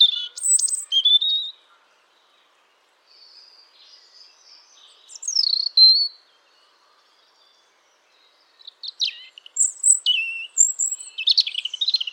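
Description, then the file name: European robin delivering several varied phrases of thin, high, silvery notes and brief trills, separated by short silent gaps, the last phrase rapid and twittering. "Erithacus rubecula"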